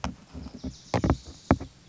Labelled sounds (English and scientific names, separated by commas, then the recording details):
Wilson's Warbler (Cardellina pusilla)
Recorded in Sonoma County, California